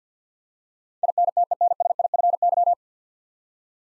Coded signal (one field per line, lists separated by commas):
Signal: Morse code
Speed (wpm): 50 wpm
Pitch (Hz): 700 Hz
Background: none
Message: INTENSIFY